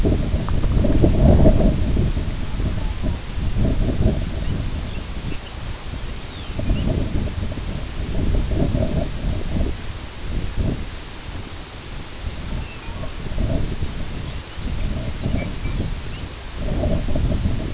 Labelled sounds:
Long-tailed Duck (Clangula hyemalis), Lapland Longspur (Calcarius lapponicus)
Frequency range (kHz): Long-tailed Duck (Clangula hyemalis) 0.5-1.5 kHz
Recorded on Arctic tundra, site IGLO-B, on 22 June 2018
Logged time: 21:59

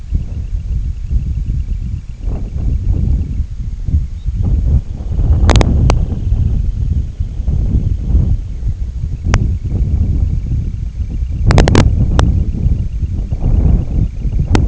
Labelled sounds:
Semipalmated Sandpiper (Calidris pusilla), unidentified sound
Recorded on Arctic tundra, site IGLO-D, on 25 June 2018
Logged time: 06:00

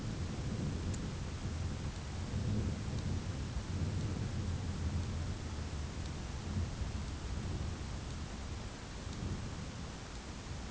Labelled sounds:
none
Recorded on Arctic tundra, site ZACK-1, on 11 June 2019
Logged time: 01:49

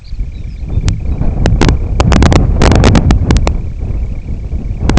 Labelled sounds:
Lapland Longspur (Calcarius lapponicus), Semipalmated Sandpiper (Calidris pusilla)
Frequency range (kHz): Lapland Longspur (Calcarius lapponicus) 2.9-6.4 kHz
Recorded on Arctic tundra, site IGLO-D, on 23 June 2018
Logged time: 20:00

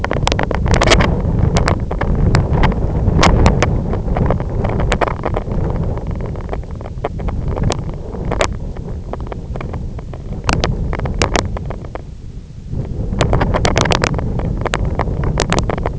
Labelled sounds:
none
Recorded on Arctic tundra, site IGLO-F, on 25 June 2018
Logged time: 14:00

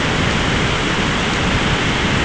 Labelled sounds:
none
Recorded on Arctic tundra, site ZACK-1, on 14 June 2019
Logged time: 23:49

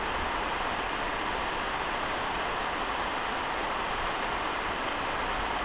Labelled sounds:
none
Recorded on Arctic tundra, site NAIT-1, on 29 June 2018
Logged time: 01:00

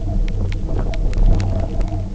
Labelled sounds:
none
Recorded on Arctic tundra, site UTQI-0, on 27 June 2018
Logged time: 04:00

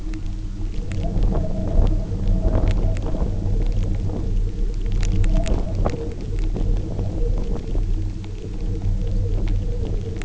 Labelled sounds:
none
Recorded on Arctic tundra, site UTQI-0, on 27 June 2018
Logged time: 04:00

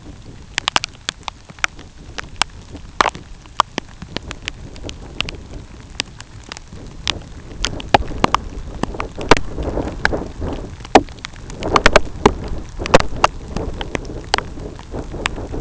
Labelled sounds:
none
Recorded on Arctic tundra, site UTQI-2, on 13 June 2019
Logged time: 12:00

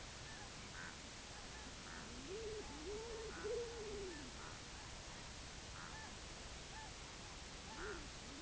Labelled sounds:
unidentified sound, King Eider (Somateria spectabilis)
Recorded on Arctic tundra, site IGLO-A, on 24 June 2018
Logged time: 23:59

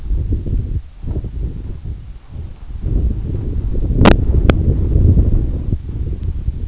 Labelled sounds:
none
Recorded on Arctic tundra, site EABA-1, on 27 June 2018
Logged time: 12:00

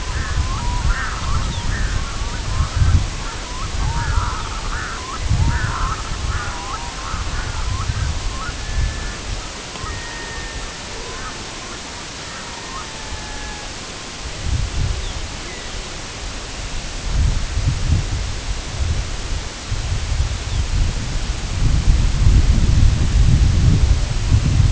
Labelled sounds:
Red-throated Loon (Gavia stellata), Lapland Longspur (Calcarius lapponicus), unidentified sound
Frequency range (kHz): Red-throated Loon (Gavia stellata) 0.4-2.4 kHz; Lapland Longspur (Calcarius lapponicus) 2.5-4.8 kHz
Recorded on Arctic tundra, site IGLO-A, on 22 June 2018
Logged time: 05:59

